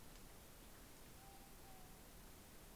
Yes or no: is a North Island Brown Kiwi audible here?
no